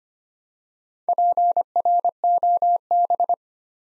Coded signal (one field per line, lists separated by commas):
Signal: Morse code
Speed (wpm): 25 wpm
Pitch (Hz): 700 Hz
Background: none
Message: PROB